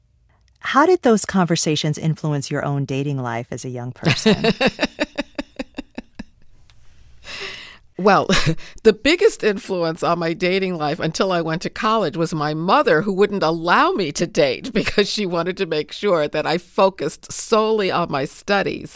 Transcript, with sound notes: How did those conversations influence your own dating life as a young person?
(Laughter) Well, the biggest influence on my dating life until I went to college was my mother, who wouldn't allow me to date because she wanted to make sure that I focused solely on my studies.